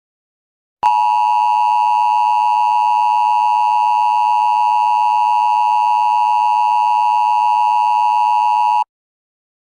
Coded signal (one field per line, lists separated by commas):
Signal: Emergency Alert System (SAME) tones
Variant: 853 and 960 Hz attention tone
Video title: Sonic.exe eas